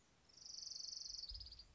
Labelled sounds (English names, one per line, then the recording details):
Orange-crowned Warbler
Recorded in Sonoma County, California